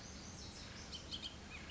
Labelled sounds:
Bullock's Oriole
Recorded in Sonoma County, California

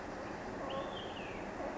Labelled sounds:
Olive-sided Flycatcher
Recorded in Sonoma County, California

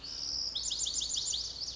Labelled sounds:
Lazuli Bunting
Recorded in Sonoma County, California

